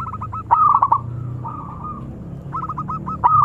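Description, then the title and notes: Zebra dove song: clusters of fast, clipped cooing notes with a brief level hummed phrase between bursts, in a few seconds. Long-duration lure recording of a vigorously singing zebra dove. "Pancingan Perkutut Durasi Panjang. Suara Burung Perkutut Gacor"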